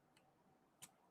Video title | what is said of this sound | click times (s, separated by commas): "Crossdeck" Episode 93 - Midwest Gaming Classic Wrapup/GRS Battlezone Build | Even though I broke that side, it still snapped into place after the fact. | 0.8 s